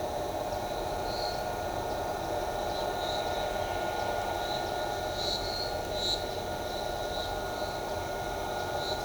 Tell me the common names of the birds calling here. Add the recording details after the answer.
none. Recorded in shrubland near Pivijay, Magdalena, Colombia, on 16 April 2023 at 11:00. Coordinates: 10.453, -74.365. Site P5-G022